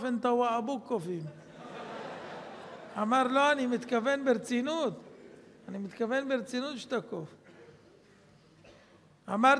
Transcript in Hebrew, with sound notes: אינתה באבוק קופים" אמר: [צחוק בקהל] "לא, אני מתכוון ברצינות. אני מתכוון ברצינות שאתה קוף". אמרתי לו: